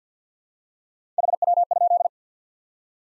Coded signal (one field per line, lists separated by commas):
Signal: Morse code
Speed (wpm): 50 wpm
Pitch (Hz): 700 Hz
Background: none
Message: HW?